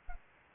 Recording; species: mosquito wingbeat signal from an infrared sensor; Anopheles arabiensis